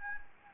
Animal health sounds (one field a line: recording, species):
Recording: mosquito wingbeat signal from an infrared sensor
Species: Anopheles gambiae